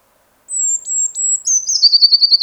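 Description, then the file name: Eurasian blue tit song: long thin high whistled notes, then a slightly lower series that becomes a fast, even trill of repeated notes. "Cyanistes caeruleus"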